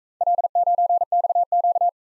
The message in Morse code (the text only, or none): L9XQ